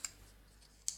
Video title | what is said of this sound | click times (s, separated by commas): Unique Toys R-01 Peru Kill Aka Age of Extinction Lockdown | fold round like so on that bit folds down that clicks into place these | 0.9 s